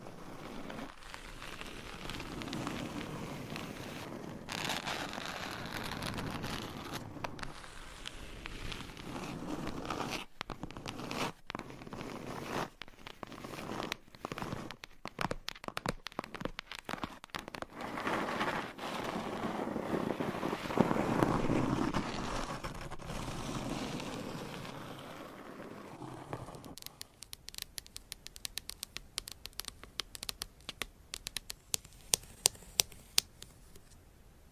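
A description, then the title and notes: Dense scratching with frequent sharp clicks runs for about twenty-six seconds, then drops to quieter, crisp, irregular tapping until the end. Scratching , Tapping , Massage & More No Talking.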